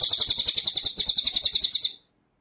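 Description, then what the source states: White-rumped shama song: a fast, high, buzzy rolling trill of evenly spaced pulses lasting about two seconds, then silence. Masteran training song in rolling, shooting style (ngerol nembak).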